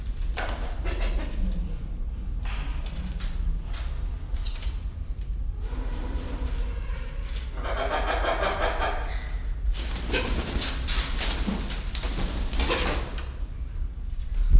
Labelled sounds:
Silvery-cheeked Hornbill

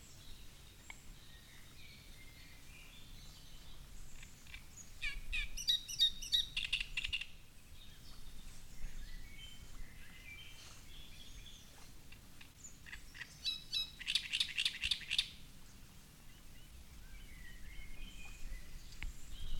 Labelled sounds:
Great Reed Warbler

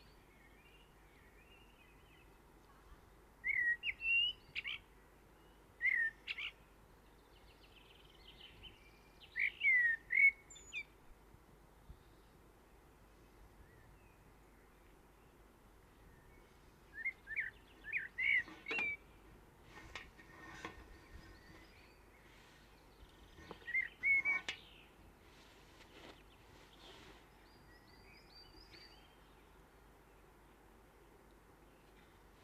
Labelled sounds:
Common Blackbird song

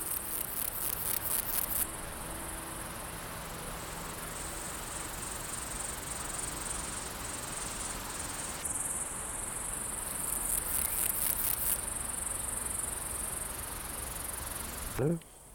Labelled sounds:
Steppe Grasshopper stridulation

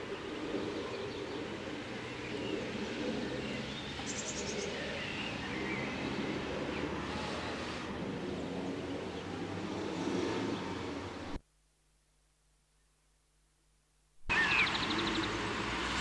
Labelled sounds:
European Serin call

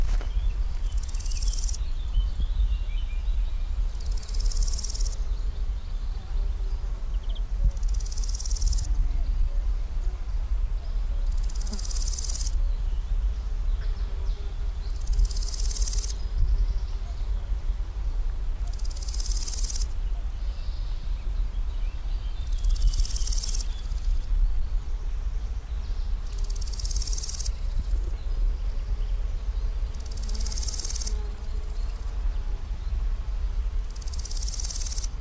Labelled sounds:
Marsh Warbler song

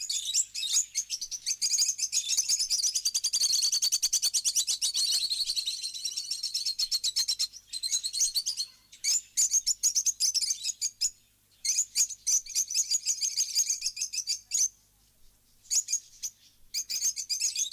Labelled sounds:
Rosy-faced Lovebird call

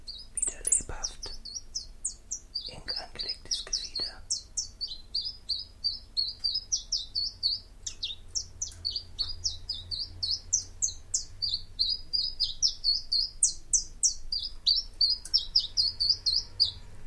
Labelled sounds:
Common Chiffchaff song

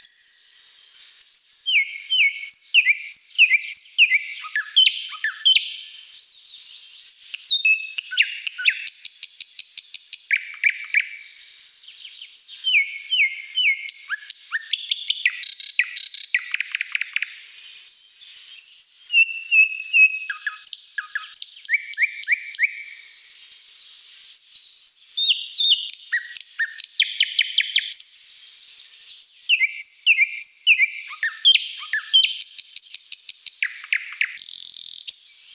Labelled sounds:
Thrush Nightingale song

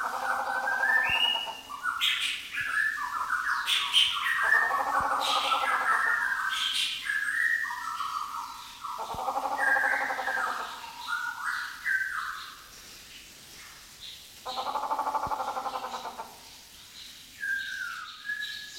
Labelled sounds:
White-rumped Shama

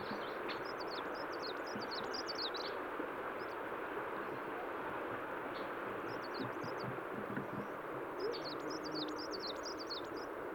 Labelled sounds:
Black Woodpecker call

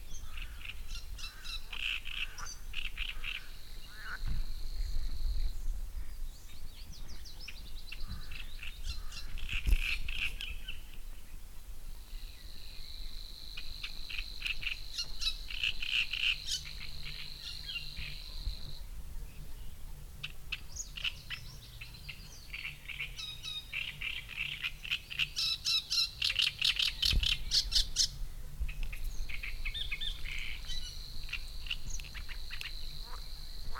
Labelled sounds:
Savi's Warbler song

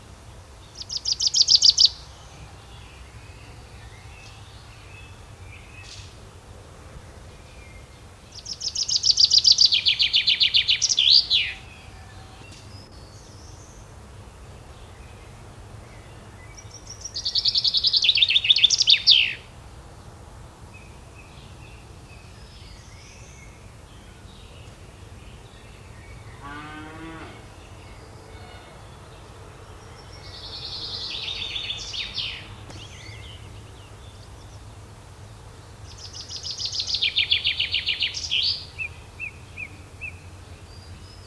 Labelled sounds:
Common Chaffinch song

